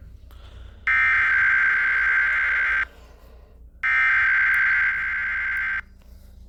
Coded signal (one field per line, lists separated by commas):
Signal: Emergency Alert System (SAME) tones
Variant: header bursts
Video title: eas sva Eas#284